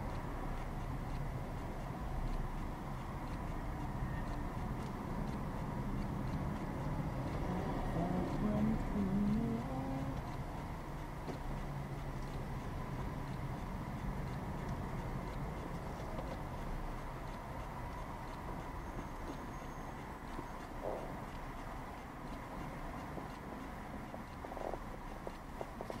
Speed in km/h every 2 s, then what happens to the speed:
6, 6, 6, 8, 10, 5, 6, 6, 3, 3, 2, 3, 2.
0-26 steady at about 6.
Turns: none.